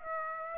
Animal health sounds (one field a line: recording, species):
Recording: mosquito wingbeat signal from an infrared sensor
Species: Aedes aegypti